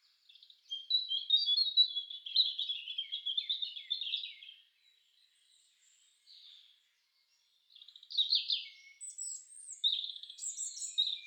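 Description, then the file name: European robin song: a rapid, varied warbling phrase of thin high notes and trills lasting about four seconds, a pause, then another sparkling, tumbling phrase. "roodborst"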